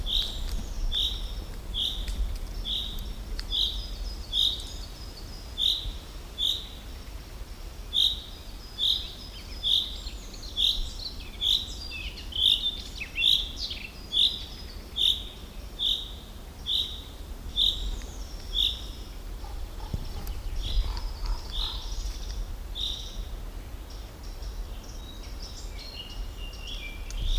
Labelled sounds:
Common Chaffinch (Fringilla coelebs) call, Common Raven (Corvus corax)
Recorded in the wild
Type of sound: call
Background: Corvus corax
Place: Briesetal, Brandenburg, DE
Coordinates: 52.6833, 13.2667
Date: 1997-05-17 17:52
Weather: sunny, 25°C
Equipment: Sony MD-WM MZ-R3, Sennheiser MKH 416 T, Kopie Uher 4000 Report Monitor
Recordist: Tembrock, Günter
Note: "Regenruf" (Rülschen). 0:27 - 1:50 min), Briesetal bei Birkenwerder

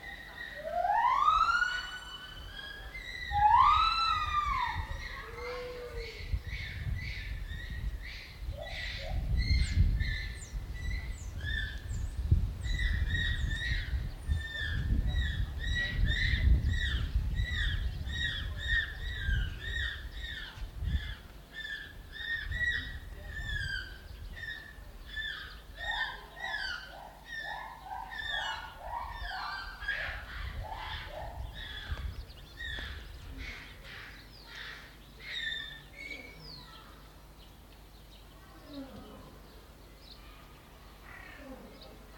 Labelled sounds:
Japanese Macaque (Macaca fuscata) call
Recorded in captivity
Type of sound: call sequence
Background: Hylobates lar
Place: Zoo Berlin, Berlin, DE
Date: 1995-04-01 12:50
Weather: bedeckt - heiter, 6 - 8 °C, böiger Wind
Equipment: Marantz CP 430, Sennheiser ME 80, Kopie Uher Variocord 263
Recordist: Tembrock, Günter
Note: Lautfolgen. Zwischen der Gibbonaufnahme

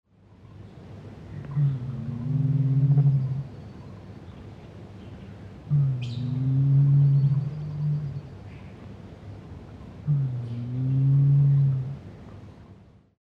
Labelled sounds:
Victoria Crowned Pigeon (Goura victoria)
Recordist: Tembrock, Günter
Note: Zwei Tiere am Gitter mit "dunklen" Lauten (Kopfbeugen)

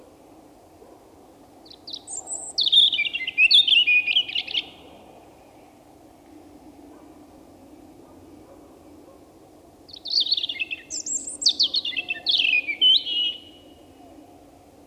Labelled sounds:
European Robin (Erithacus rubecula) song
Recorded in the wild
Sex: male
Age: adult
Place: Breitenbach, Baden-Württemberg, DE
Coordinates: 49.0417, 10.2128
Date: 1971-04-30
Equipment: Uher Report 4200, Scotch-Classic 19cm, AKG D190C in Doppelparabolreflektoren
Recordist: Krey, Winfried

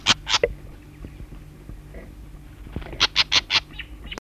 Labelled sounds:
Red-backed Shrike (Lanius collurio) call
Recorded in the wild
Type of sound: call
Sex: male
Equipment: Halbspur, 9,5 cm/s
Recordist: Lütgens, Hans
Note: Süd-West-Afrika, Männchen im Netz

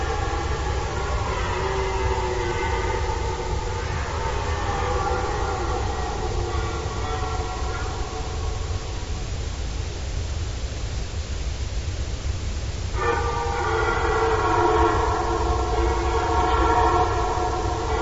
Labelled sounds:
Red Deer (Cervus elaphus)
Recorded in the wild
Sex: male
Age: adult
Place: Groß Schönebeck, Schorfheide, Brandenburg, DE
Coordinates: 52.9342, 13.5325
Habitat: coniferous forest
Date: 1996-09-23 20:55
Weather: ca. 10°C, light winds
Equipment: Sony TCD-D3, Sennheiser MKH 70, Windkorb
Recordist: Frommolt, Karl-Heinz

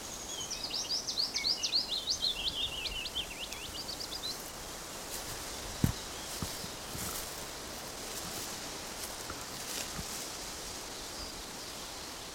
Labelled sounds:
Willow Warbler (Phylloscopus trochilus)
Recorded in the wild
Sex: male
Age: adult
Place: Summt, Brandenburg, DE
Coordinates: 52.687, 13.374
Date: 1992-05-23 15:10
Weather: 23-24°C, böiger Wind
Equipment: Nagra SN, Mikrofon AKG CK 8, Kopie Tesla B 116
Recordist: Tembrock, Günter

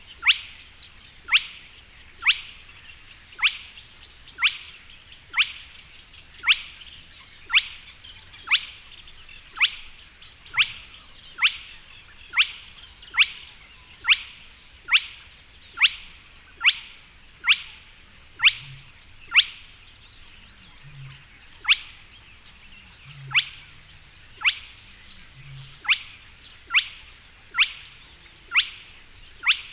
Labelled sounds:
Spotted Crake (Porzana porzana)
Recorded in the wild
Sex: male
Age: adult
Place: Kützerhof, Kummerower See, Mecklenburg-Vorpommern, DE
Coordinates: 53.8494, 12.8597
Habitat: wetland
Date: 2008-06-10
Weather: heiter, ca. 15°C, fast windstill
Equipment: Sound Devices 702, Sennheiser MKH 70, Windkorb
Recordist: Frommolt, Karl-Heinz

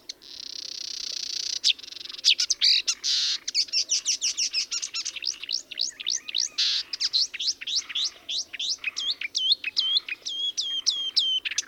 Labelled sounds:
Marsh Warbler (Acrocephalus palustris) song
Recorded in the wild
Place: Lütow, Insel Usedom, Mecklenburg-Vorpommern, DE
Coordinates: 54.032, 13.888
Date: 1975-06-13 03:30
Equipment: Nagra III BH, Sennheiser MD 21, parabola
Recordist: Schubert, Michael

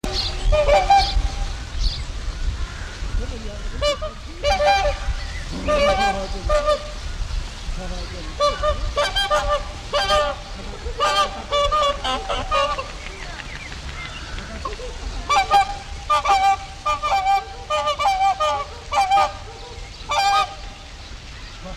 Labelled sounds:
Whooper Swan (Cygnus cygnus) call
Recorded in captivity
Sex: pair
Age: adult
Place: Zoo Berlin, Berlin, DE
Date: 1994-05-07
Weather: heiter, 12-18°C
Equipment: Marantz CP 430, Sennheiser ME 80, Kopie Uher Variocord 263
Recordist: Tembrock, Günter

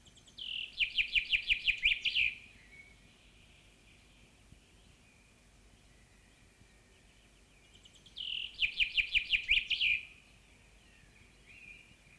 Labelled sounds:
Common Chaffinch (Fringilla coelebs) song
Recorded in the wild
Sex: male
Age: adult
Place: Hövelhof, OT Hövelriege, Senne, Nordrhein-Westfalen, DE
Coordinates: 51.8667, 8.65
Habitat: forest
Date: 1965
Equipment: Uher 4000 Report-S, Bändchenmikro Beyer M 260, Parabolspiegel Polyester (470 mm)
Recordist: Conrads, Klaus

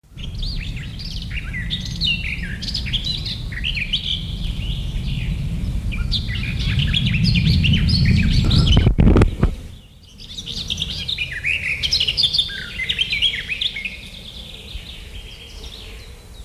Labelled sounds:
Garden Warbler (Sylvia borin) song
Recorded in the wild
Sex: male
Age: adult
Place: Feldberg - Koldenhof, Mecklenburgische Seenplatte, Mecklenburg, DE
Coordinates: 53.3294, 13.3136
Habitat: beech forest
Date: 1976-07-03
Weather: 24°C
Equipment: Uher CR 210, Sennheiser MD 421 HL, Verstärker, Reflektor, Kopie Uher 4200
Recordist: Tembrock, Günter

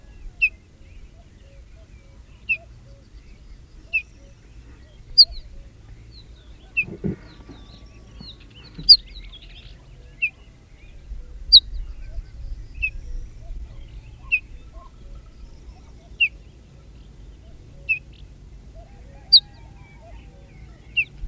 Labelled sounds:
Ortolan Bunting (Emberiza hortulana) call
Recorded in the wild
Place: Svoboda, Plodiv, BG
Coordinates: 42.395, 24.337
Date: 1974-05-28
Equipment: Nagra III BH, Sennheiser MD 21, parabola
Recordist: Schubert, Michael
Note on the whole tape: Ortolan Nr. 3: 2 Rufformen

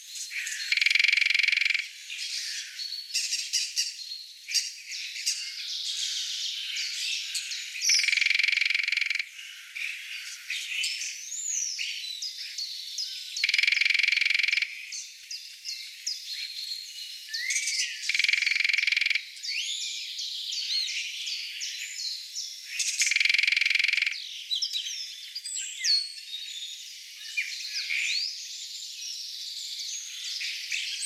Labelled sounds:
Lesser Spotted Woodpecker (Dendrocopos minor) drumming
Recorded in the wild
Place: Oberrotweil am Kaiserstuhl, Baden-Württemberg, DE
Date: 1996-04-05
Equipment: Dat-Recorder Casio DA 7, Telinga DAT, Telinga-Parabolspiegel
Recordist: Schwarz, Dieter
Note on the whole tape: Drumming

